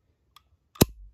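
The spring launcher inside the small plastic transport pod of a Transformers Generation One Micromaster Battle Squad toy (Takara variant) has been pushed back and latched. A faint tick comes at about 0.4 s, then pressing the button on the front releases the catch at 0.8 s with a sharp, loud snap. The launcher shoots forward, followed by a brief low rattle.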